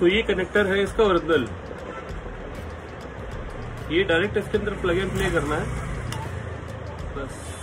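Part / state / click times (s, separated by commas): fog lamp wiring harness connector into mating car connector / seated / 6.1 s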